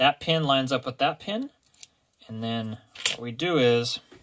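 Someone talks while handling a Leatherman Charge multitool with custom G10 scales, lining up the handle with an assembly pin so its pivot stud can go into the plier head. Only speech and faint handling are heard, with a quiet pause in the middle; nothing has seated or clicked yet.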